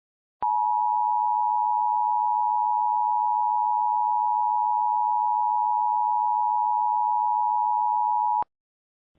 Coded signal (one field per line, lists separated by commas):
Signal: Emergency Alert System (SAME) tones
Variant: 853 and 960 Hz attention tone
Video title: Illinois RMT (IPAWSCAP) - EAS Mock